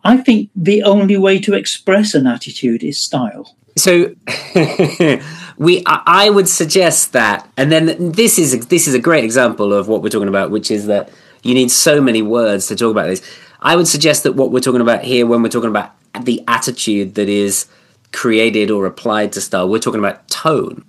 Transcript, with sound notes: I think the only way to express an attitude is style. [laughter]
I would suggest that—and then this is a great example of what we’re talking about, which is that you need so many words to talk about this—I would suggest that what we’re talking about here, when we’re talking about the attitude that is created or applied to style, we’re talking about tone.